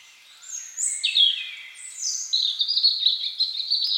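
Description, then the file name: European robin pouring out a continuous high, sparkling phrase of whistles and trills. "Erithacus rubecula"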